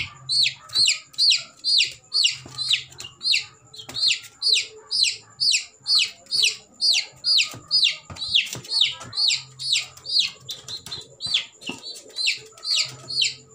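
Baby chicken giving loud, shrill peeps, each a quick falling note, delivered in a rapid, even series of roughly two per second over a low background hum.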